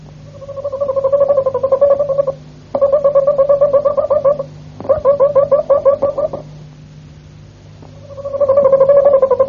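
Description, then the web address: Harz Roller canary song, deep rolling trilled phrases lasting one to two seconds, broken by quiet gaps, a soft mechanical hum running throughout. "canarios cantoharz"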